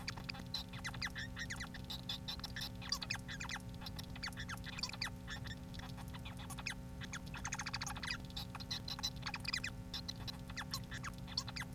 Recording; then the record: song of a male Bengalese finch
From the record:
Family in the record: son of father 4